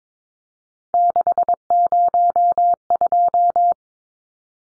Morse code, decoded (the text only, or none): 602